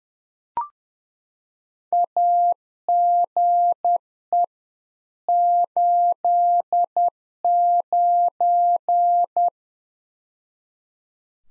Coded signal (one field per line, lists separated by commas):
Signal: Morse code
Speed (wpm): 10 wpm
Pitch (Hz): 700 Hz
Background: none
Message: AGE 89